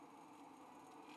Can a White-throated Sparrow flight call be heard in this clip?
no